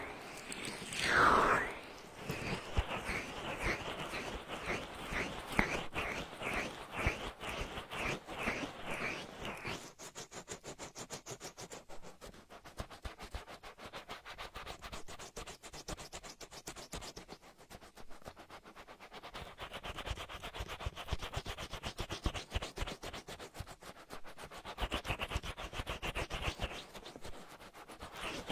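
Vigorous oil ear rubbing, a dense run of quick scratchy, slick strokes that continues through the whole clip at a fast, fairly regular pace. A brief louder whoosh stands out near the start, and the texture turns brighter and hissier in the later stretches.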